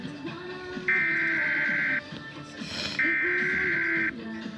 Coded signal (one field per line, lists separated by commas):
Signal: Emergency Alert System (SAME) tones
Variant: header bursts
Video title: Tornado Warning EAS #129